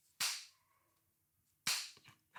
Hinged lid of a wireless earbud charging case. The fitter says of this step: By the way, the lid is very smooth and has a really satisfying click to it.